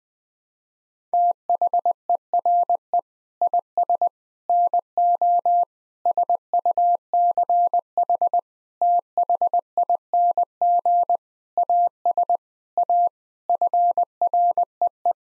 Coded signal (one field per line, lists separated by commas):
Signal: Morse code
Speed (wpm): 21 wpm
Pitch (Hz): 700 Hz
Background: none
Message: THERE IS NO SUCH THING AS A FREE